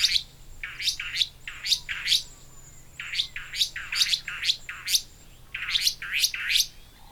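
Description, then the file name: Restless flycatcher calling in bursts of harsh, buzzy upswept notes separated by short pauses, over a faint low hum. "Myiagra Inquieta"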